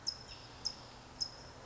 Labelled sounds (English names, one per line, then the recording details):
California Towhee
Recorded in Sonoma County, California